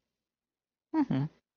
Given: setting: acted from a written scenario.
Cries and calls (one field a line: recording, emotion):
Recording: vocal sound without words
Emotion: neutral